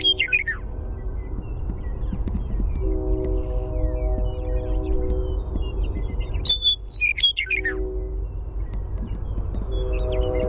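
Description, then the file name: Western meadowlark song: bright descending slurred phrases at the start and middle, with a steady humming drone and low rumble underneath. Primary song. "WEME-Primary Song"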